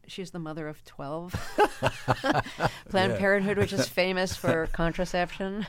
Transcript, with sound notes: She's the mother of 12.
(LAUGHTER)
Yeah.
Planned Parenthood, which is famous for contraception.